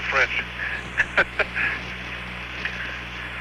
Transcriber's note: laughter